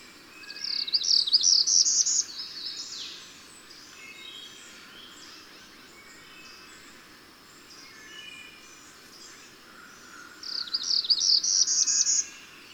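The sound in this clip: Bird song in two bright, rapid, high twittering phrases about eight seconds apart, with softer scattered chirps and a steady hiss between them.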